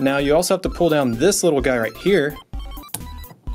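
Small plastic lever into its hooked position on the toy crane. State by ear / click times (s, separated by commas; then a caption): seated / 2.9 s. Someone talks while pulling a small plastic lever down into its hooked position on a toy crane. A sharp, short click is heard at 3.0 s as the hook latches and seats in place.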